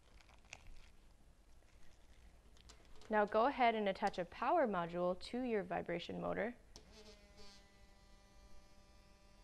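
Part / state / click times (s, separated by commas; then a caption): plastic snap attachment onto a vibration motor module of an electronics kit / seated / 0.5 s. The two halves of a plastic snap attachment are pressed together onto the vibration motor module of a LittleBits Premium Electronics Kit, with tissue paper held between them. A sharp click at 0.5 s shows the snap seating onto the motor, and afterwards someone talks.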